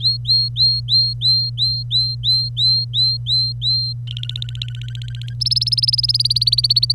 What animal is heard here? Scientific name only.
Serinus canaria